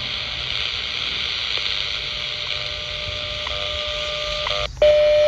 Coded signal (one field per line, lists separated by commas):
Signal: radio time signal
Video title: WWV 25.000 MHz AM Full Scale Signal! Cobra HA-TA CB Antenna - 3 September 2024